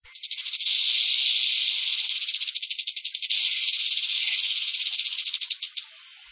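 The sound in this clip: Snake: a harsh, high, buzzing sound made of rapid pulses, swelling in and running nearly continuously for about six seconds before stopping abruptly.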